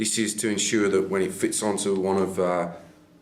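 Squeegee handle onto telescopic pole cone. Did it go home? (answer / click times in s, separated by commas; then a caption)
no / none. A man talks while an Unger ErgoTec Ninja plastic squeegee handle, which has a locking hole on its bottom, is handled for fitting onto the threaded cone of a telescopic pole, where it locks to keep the squeegee from falling off at height or spinning on the cone. Nothing has seated or clicked yet; only steady speech is heard, fading out at the end.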